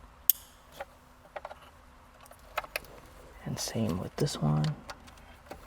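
A black plastic wiring harness connector is pushed all the way into the harness of a Beat-Sonic plug-and-play amplifier for a Toyota Prius, the same way as the gray connector, and it seats with a very loud, sharp click at 0.3 s. A few fainter ticks and handling noises follow, and someone talks near the end.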